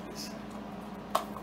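A plastic rain collector funnel on an Ambient Weather WS-2000 weather station sensor body is lined up, slid on and turned clockwise until it twist-locks into place. A single sharp click at 1.2 s marks the lock, followed by a fainter tick at 1.4 s over a low steady hum. The funnel is seated.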